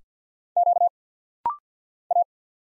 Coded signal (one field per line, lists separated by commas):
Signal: Morse code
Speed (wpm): 48 wpm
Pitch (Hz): 700 Hz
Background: none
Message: Q A